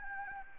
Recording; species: mosquito wingbeat signal from an infrared sensor; Anopheles arabiensis